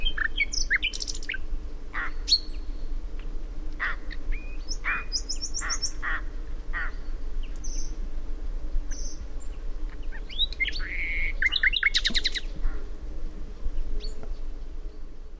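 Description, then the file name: Common nightingale song, a long varied run of phrases mixing short whistles, rapid repeated chips and clicking notes, with a quiet continuous low hum underneath. "Luscinia megarhynchos"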